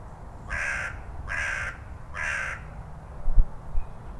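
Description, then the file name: Carrion crow cawing three times, hoarse and harsh, evenly spaced. "Corvus corone"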